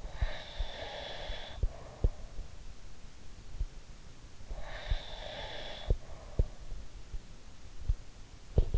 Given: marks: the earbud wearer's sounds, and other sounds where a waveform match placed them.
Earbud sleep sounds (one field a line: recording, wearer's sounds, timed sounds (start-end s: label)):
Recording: sounds in sleep by an in-ear microphone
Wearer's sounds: breath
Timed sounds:
0.00-2.46 s: breath
4.44-6.78 s: breath
8.24-8.78 s: sound from someone else or the room